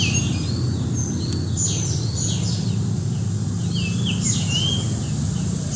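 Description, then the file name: Japanese grosbeak singing clear, sweet whistled phrases of slurred rising and falling notes, repeated in short bursts over a constant low rumble. 2 May 2019. "20190502 ikaru"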